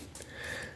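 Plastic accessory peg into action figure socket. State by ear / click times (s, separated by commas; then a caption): not seated / none. A plastic accessory is pushed onto the pegs of a NECA Disney Gargoyles Demona action figure, with its holes kept facing down. Only brief, faint handling noises are heard over a steady background. Nothing has seated or clicked yet.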